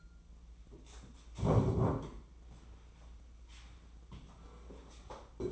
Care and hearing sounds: daily activity, microphone in the room; stand up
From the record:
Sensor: 1

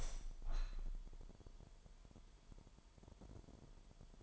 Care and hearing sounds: daily activity, microphone in the room; open window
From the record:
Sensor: 5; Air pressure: 998.3 hPa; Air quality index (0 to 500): 90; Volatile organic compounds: 2 ppm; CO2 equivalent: 1025 ppm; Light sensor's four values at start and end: 20/48/20/22 and 20/48/20/22

